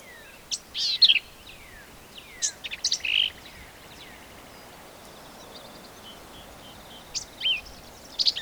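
Black-capped vireo with a few harsh, twittering high phrases at the start, a long quiet stretch, then more scratchy notes near the end.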